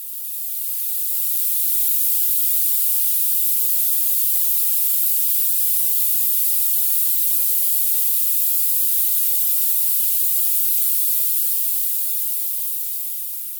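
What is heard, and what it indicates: Steady, thin high-pitched hiss that fades in and out: 17 kHz masking noise generated by the Tinnitus Sifter to cover tinnitus.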